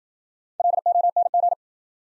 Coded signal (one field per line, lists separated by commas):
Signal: Morse code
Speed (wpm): 53 wpm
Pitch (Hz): 700 Hz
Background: none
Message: LONG